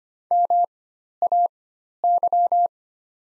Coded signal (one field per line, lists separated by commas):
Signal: Morse code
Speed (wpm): 25 wpm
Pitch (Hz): 700 Hz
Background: none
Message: MAY